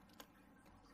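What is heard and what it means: After the CPU is placed, the load plate and retention lever of a motherboard's CPU socket are pressed down and hooked under the retaining tab. A single short, sharp tick is heard at 0.2 s over a low steady background. The lever latches and the CPU is seated.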